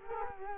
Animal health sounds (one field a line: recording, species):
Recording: mosquito wingbeat signal from an infrared sensor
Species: Culex quinquefasciatus